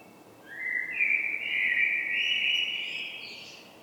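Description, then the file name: Blackbird's song: a long, rich whistled warble rising and dipping slightly, trailing into softer high twittering at the close. "Turdus merula"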